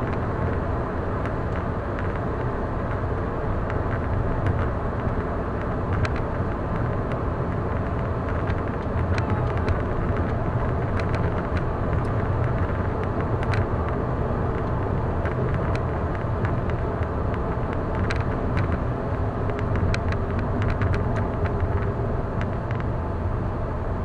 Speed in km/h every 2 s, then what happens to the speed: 106, 106, 106, 106, 106, 106, 109, 110, 107, 103, 98, 93.
0-14 steady at about 106. 14-24 slows to 93.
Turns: none.